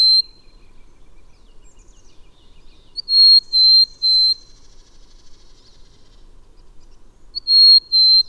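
Bird song of pure, high whistled notes in a phrase of three, with parts of other phrases at the start and end, a faint thin note between and a soft background hiss.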